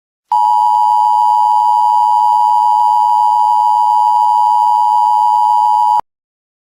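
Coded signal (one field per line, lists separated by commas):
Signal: Emergency Alert System (SAME) tones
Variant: 853 and 960 Hz attention tone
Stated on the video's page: Fictional EAS scenario.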